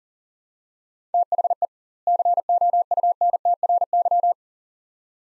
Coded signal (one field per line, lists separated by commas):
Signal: Morse code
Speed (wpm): 40 wpm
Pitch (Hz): 700 Hz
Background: none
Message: THE COUNTRY